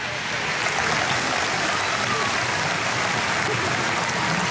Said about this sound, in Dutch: Applaus voor Linda Nooitmeer. Ze is voorzitter van het NINC, de organisator van dit herdenkingsjaar.